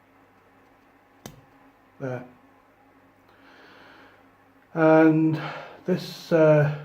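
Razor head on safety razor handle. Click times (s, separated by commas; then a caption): 1.3 s. A vintage safety razor head, set on the handle at 90 degrees, is twisted until it locks into place with a single sharp tick at 1.3 s, showing it has seated. A short, quieter sound follows at about 2.0 s, and someone talks from about 4.8 s to the end.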